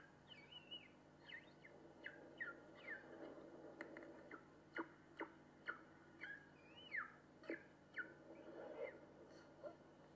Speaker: Este es el sonido de la cría de foca de Weddell.